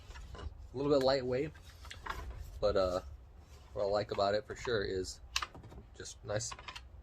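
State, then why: Not seated. A 24V Kobalt power-tool battery pack is handled beside its plastic battery charger while someone talks, with a couple of faint short taps around 1.9 and 2.1 seconds. The pack has not yet been pushed onto the charger, and nothing has seated or clicked yet.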